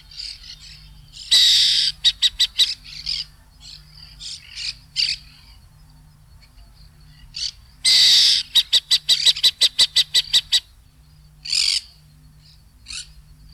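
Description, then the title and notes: Burrowing owl alarm calls: two bouts, each a harsh hissing screech followed by a fast run of sharp clicking chatters, with a few softer high notes between bouts. Bahía Blanca area, Argentina; ground-dwelling owl of open habitats; its commonest call, a screech followed by several chatters, is usually given as an alarm. "Museo de Ciencias de Bahía Blanca. Lechucita Vizcachera (Athene cunicularia) Su vocalización más común consiste en un chillido seguido de varios chistidos y la emite generalmente como voz de alarma"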